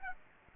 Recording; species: mosquito wingbeat signal from an infrared sensor; Aedes aegypti